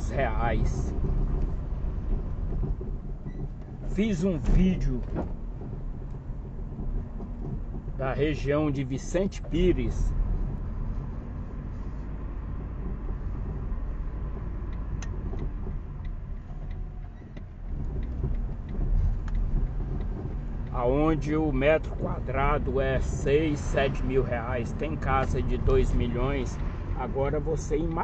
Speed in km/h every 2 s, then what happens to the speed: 20, 19, 23, 25, 12, 15, 18, 12, 14, 17, 23, 27, 31, 22.
0-6 steady at about 20. 6-8 brakes to 12. 8-17 steady at about 14. 17-24 speeds up to 31. 24-28 slows to 22.